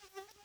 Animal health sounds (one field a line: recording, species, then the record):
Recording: mosquito flight sound by mobile phone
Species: Aedes sierrensis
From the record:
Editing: cut to the mosquito's sound